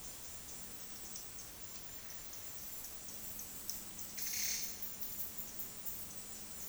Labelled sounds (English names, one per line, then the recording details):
none
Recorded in secondary vegetation near Puerto Asís, Putumayo, Colombia, on 20 February 2024 at 11:00
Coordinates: 0.468, -76.324
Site G6381